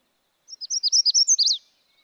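Magnolia warbler song, one short bright phrase of about nine quick sweet slurred notes, ending in a brief flourish.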